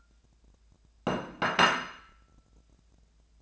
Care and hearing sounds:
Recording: daily activity, microphone in the room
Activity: place plate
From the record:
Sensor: 2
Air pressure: 1000.0 hPa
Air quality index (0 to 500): 134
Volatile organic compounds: 2 ppm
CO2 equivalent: 1139 ppm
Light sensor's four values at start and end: 23/56/24/26 and 23/59/25/27

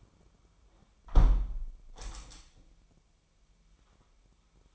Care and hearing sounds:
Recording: daily activity, microphone in the room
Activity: close window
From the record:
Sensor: 1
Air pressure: 998.0 hPa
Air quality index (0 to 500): 134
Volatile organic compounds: 4 ppm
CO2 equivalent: 1593 ppm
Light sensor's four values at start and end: 17/55/22/23 and 17/56/22/23

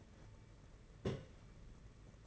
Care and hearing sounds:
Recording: daily activity, microphone in the room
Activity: place on stove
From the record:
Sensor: 4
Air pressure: 992.8 hPa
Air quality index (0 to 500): 175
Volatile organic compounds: 324 ppm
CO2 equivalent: 4532 ppm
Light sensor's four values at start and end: 4/10/4/4 and 4/10/4/4

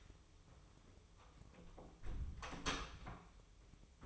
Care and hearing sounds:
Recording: daily activity, microphone in the room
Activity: close door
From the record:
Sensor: 1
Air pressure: 1004.8 hPa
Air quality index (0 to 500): 71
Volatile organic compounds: 1 ppm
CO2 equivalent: 943 ppm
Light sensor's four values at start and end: 10/24/9/10 and 9/23/9/10

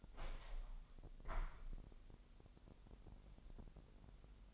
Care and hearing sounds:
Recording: daily activity, microphone in the room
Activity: open window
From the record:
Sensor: 5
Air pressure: 1000.4 hPa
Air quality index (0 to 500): 248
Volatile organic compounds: 35 ppm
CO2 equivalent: 3062 ppm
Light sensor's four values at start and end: 34/78/31/29 and 34/78/31/29

